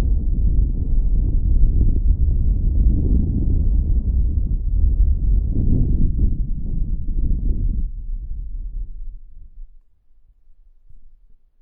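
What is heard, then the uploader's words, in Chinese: Wind blows past close by as a deep, steady rumbling roar with no high hiss, dense and buffeting for about eight seconds. It then weakens and dies away by around ten seconds, leaving near silence with a faint low stir at the end. 有风吹过你的耳边。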